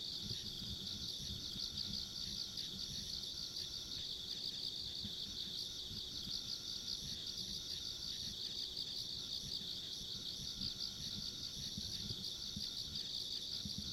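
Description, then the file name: Insects chirring in a steady dense chorus, a bright pulsing band high up with a fainter higher trill, over a low rumble throughout. Ambient insect sounds along a rural country road. "田舎道の虫の環境音"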